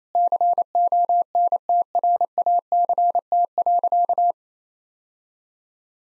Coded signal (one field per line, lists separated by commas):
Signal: Morse code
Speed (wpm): 28 wpm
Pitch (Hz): 700 Hz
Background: none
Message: CONTRACT.